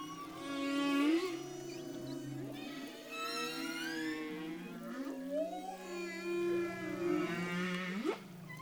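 Humpback whale song: overlapping groans and rising whoops, buzzy harmonic sweeps, ending with a sharp upward-sliding cry.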